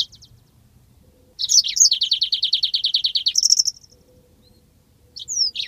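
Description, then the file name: Yellow-fronted canary song: a fast, even trill of repeated notes around the upper-middle range, framed by short sharp whistled slurs before and after, on a quiet background. "mozambik omkicau"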